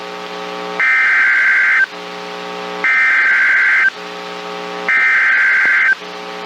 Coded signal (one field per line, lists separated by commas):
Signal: Emergency Alert System (SAME) tones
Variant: header bursts